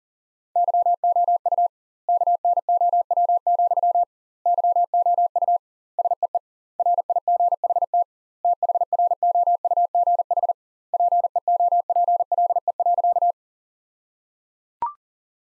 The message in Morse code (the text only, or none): YOU KNOW, YOU SEE RIGHT THROUGH PEOPLE.